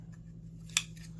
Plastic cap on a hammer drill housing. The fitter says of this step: and then snaps into place.